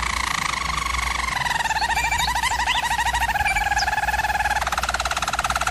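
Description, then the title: German Roller canary song: a smooth, unbroken rolling trill that slowly drifts lower, then shifts to a rapid pulsing roll; faint low hum throughout. German Roller canary singing, for canary training. "German Roller Canary Singing - Canary Training Vid"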